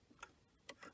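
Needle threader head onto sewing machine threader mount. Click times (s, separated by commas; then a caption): 0.7 s. The removable needle threader head of a BERNINA 7, 5 or 4 Series sewing machine (models such as the 700–790 and 500–580) is lined up and pressed back onto its threader mount after a little struggle. A faint tick near 0.2 s and a short scrape around 0.8 s surround a sharp snap at 0.7 s. The head is seated and good to go.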